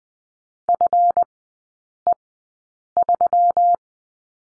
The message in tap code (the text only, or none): none